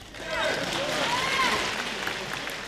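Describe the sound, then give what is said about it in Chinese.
An audience of about eight to nine hundred at a Peking University crosstalk (xiangsheng) performance claps steadily throughout, a dense, even wash of applause lasting a few seconds, with some rising and falling voices calling out over the clapping. “哎呀，上来就有掌声啊，这掌声是给我的吗？”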